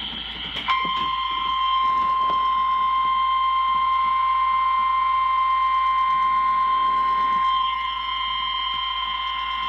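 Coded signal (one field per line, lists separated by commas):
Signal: Emergency Alert System (SAME) tones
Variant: 1050 Hz attention tone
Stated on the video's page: Special Marine Warning from NOAA Weather Radio station KIH26 in Daytona Beach, Florida.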